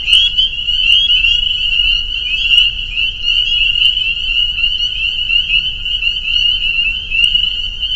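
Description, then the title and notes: Spring peeper chorus: dense, high, piercing peeps overlapping continuously, a few sharper clicks standing out now and then. Soundscape at a peeper pond on friends' property in northern Vermont. "Peepers. the peeper pond on our friends' property in northern Vermont"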